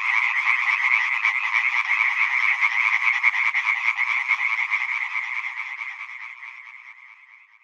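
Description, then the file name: European tree frog calls, dense continuous rattling croaks forming a steady grating trill that slowly fades out. "Anouck Bonjean conte rainette verte"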